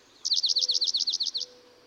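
Dark-eyed junco song, a single high trill of about a dozen quick, sliding chip-like notes lasting just over a second.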